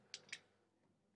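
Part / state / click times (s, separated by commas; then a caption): crimping die into hose crimper die holder / seated / 0.1 s. A metal crimping die is pushed into the groove of a hydraulic hose crimping machine's die holder until its locking pin engages. A sharp click is heard at 0.1 s, followed by a second, softer click at 0.3 s. The die is seated and locked in place.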